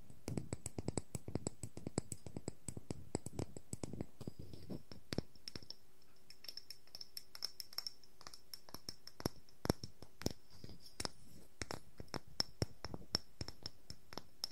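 Wooden objects tap and scratch in quick, irregular bursts of sharp clicks, dense through the first four seconds, then sparser with pauses before picking up again. A faint high steady tone sits behind the taps for most of the clip, with a lower hum in the middle.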